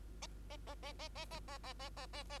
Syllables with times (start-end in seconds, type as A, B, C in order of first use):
0.22-0.27 A, 0.50-0.57 A, 0.67-0.74 A, 0.83-0.93 A, 0.99-1.08 A, 1.15-1.26 A, 1.31-1.40 A, 1.48-1.58 A, 1.63-1.73 A, 1.79-1.89 A, 1.97-2.06 A, 2.13-2.23 A, 2.29-2.39 A